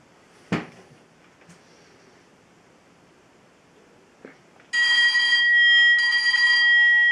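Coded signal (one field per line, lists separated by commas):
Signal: bell signal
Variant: railway signal box bell codes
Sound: two faint clicks, then a bright sustained electronic bell ringing with a brief break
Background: room noise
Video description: I have added a bell code chip to the signal box on Chumley End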